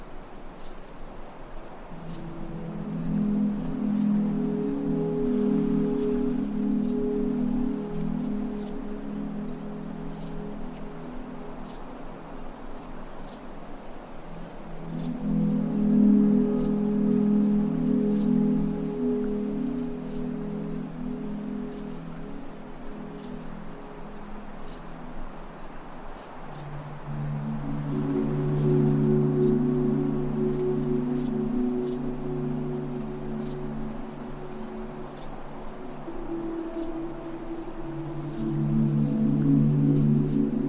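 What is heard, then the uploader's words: Soft ambient tones hum low and steady, swelling in long waves around 3, 16 and 29 seconds before easing back. A thin, constant insect chirring sits high above, with a faint airy wind hiss underneath throughout. Fast Asleep in the Desert. Desert winds, chirping bugs, and ambient tones combine to create a peaceful atmosphere.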